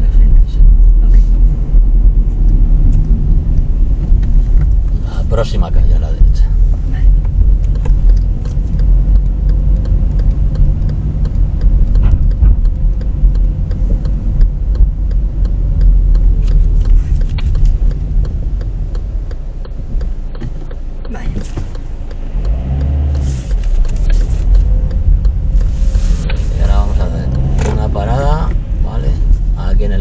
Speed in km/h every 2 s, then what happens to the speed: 32, 20, 18, 22, 23, 22, 22, 18, 13, 3, 0, 11, 12, 19, 17.
0-3 brakes to 18. 3-12 steady at about 22. 12-19 slows to 0. 19-21 standing. 21-25 pulls away to 19.